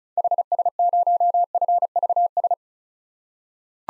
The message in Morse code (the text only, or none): HS0FVS